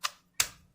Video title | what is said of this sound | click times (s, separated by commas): A Very Merry Skallywag Tactical Christmas! | there right there did you hear that that's the way it's supposed to fit in | 0.4 s